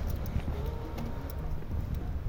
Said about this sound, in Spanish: Las olas de fondo, el sonido de las olas.